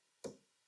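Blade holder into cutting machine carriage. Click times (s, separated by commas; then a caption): 0.2 s. A cutter blade holder is dropped into the carriage of a ScanNCut CM cutting machine and the locking bar is pushed down. A single short click sounds at 0.2 s, with a brief low thump trailing off. The blade holder locks into place.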